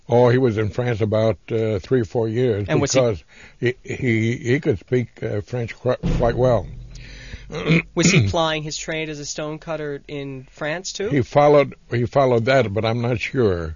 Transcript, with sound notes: Oh, he was in France about three or four years because he could speak French quite well. (he clears his throat)
Was he plying his trade as a stone cutter in France, too?
He followed that but I'm not sure